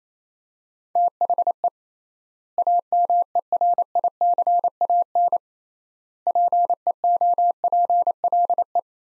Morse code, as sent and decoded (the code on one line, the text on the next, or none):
- .... . / .- -- . .-. .. -.-. .- -. / .--. . --- .--. .-.. .
THE AMERICAN PEOPLE